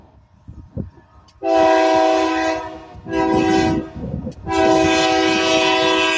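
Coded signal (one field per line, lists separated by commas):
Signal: train horn signal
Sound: three loud chord-like train horn blasts, the middle one shorter, the last still sounding at the end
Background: outdoor rumble, wind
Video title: Union Pacific horn signal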